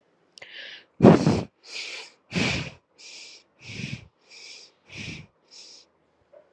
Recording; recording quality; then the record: shallow breathing; excellent, no background noise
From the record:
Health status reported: COVID-19 positive, mild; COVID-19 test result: positive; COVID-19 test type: RT-PCR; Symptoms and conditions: cough, cold, fever, fatigue, muscle pain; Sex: female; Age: 26 years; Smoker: no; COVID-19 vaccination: both doses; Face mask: not worn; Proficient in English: yes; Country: India